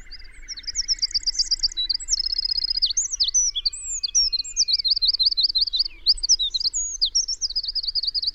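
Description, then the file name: Eurasian wren singing: a long, loud, high-pitched stream of fast trills and sharp twittering notes; a softer, lower trill runs underneath at the start. "Troglodytes troglodytes"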